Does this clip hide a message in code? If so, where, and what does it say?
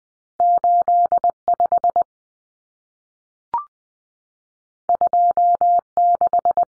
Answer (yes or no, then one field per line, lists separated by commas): yes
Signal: Morse code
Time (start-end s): 0.4-6.6 s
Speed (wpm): 20 wpm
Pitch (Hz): 700 Hz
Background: none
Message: 85 26